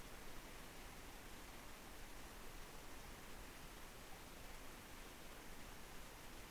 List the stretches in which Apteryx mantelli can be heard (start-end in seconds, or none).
none